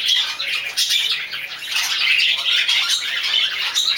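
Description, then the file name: Budgerigar chattering, a dense, continuous warble of scratchy squawks and chirps with quick pitch jumps throughout. "dutch sound budgie"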